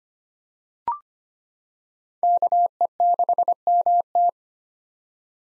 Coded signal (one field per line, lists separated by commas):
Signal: Morse code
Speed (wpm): 25 wpm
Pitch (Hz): 700 Hz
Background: none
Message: KE6MT